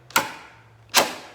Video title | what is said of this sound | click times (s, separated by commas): Installing an on/off switch on a Ryobi table saw | one little click | 0.2 s